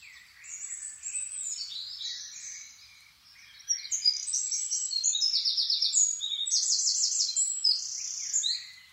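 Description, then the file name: Eurasian wren song, a quieter opening of high notes building into loud, rapid trills and rattles in the second half. "Troglodytes troglodytes"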